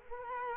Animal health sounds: mosquito wingbeat signal from an infrared sensor; Culex quinquefasciatus

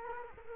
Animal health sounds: mosquito wingbeat signal from an infrared sensor; Culex quinquefasciatus

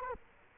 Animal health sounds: mosquito wingbeat signal from an infrared sensor; Culex quinquefasciatus

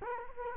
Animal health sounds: mosquito wingbeat signal from an infrared sensor; Culex quinquefasciatus

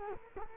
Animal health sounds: mosquito wingbeat signal from an infrared sensor; Culex quinquefasciatus

